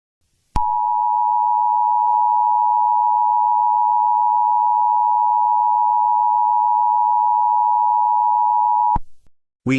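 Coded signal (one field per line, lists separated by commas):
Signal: Emergency Alert System (SAME) tones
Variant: 853 and 960 Hz attention tone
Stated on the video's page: Fictional EAS scenario.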